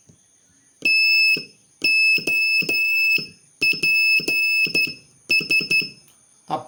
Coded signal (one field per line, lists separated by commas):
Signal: Morse code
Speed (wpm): 12 wpm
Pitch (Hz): 2600 Hz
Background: none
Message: TOPS